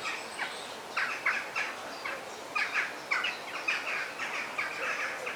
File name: Sounds of the Forest - The Parrot Song